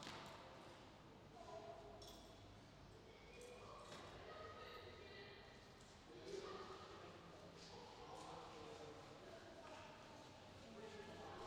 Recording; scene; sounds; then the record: everyday scene through a hearing-aid microphone; reverberant space; background noise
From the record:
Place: railway station hall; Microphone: in the ear canal, left